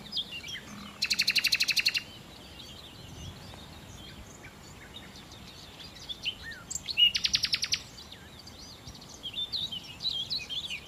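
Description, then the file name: Common nightingale song with two loud buzzy rattles of rapid clicks, separated by softer varied chirps and whistles. "Nachtigall"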